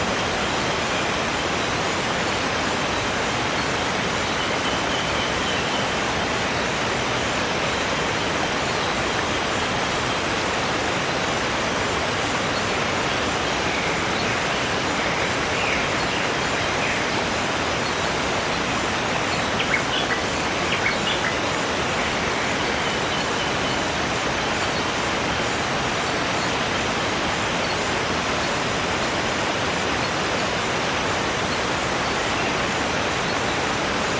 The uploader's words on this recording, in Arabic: الغابة المطيرة عند الغسق | شلالات وحياة برية في الشفق. تتجمع السكان الجويون في الظلال الهامسة للأشجار، وأصواتهم الانسجامية تودع الضوء الخافت.